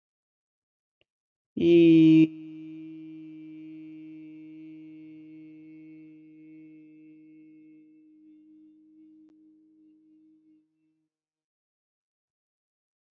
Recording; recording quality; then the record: sustained vowel as in beet; excellent, no background noise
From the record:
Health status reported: healthy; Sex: male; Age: 28 years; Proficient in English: yes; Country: India